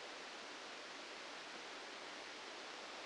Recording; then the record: brain microelectrode recording played as sound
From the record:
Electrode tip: outside the subthalamic nucleus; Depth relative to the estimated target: -6 mm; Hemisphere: left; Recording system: NeuroSet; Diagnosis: Parkinson's disease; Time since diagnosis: 13 years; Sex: male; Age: 65 years